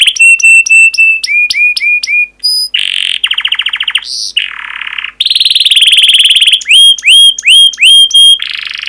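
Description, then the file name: Canary song: repeated clear whistled notes in sets, then buzzy rattles, rolling trills and steady tones, returning to repeated whistles. Long training song recording for teaching canaries. "kenari pancingan panjang"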